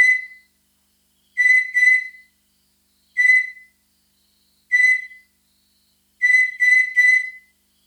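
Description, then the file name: Aerotegmina vociferator calls: strident, tonal pulses repeated every second or two, some single and some in close pairs or triplets, in silence. Recorded in the Nguru Mountains, Tanzania, at a temperature of 21 °C. "Aerotegmina vociferator Nguru Mts 21 C"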